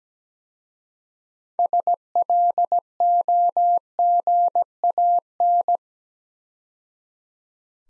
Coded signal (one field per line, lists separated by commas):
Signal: Morse code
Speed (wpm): 17 wpm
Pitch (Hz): 700 Hz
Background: none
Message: SLOGAN